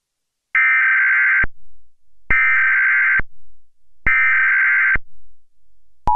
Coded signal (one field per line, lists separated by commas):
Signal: Emergency Alert System (SAME) tones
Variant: header bursts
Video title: EAS SCENARIO - Black Hole